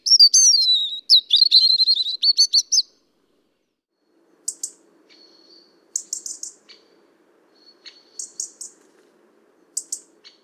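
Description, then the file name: European robin: a rapid, high, tinkling warble for about three seconds, then sharp ticking calls in short bursts mixed with thin, high whistled notes, over a faint low hum. "Rouge gorge familier"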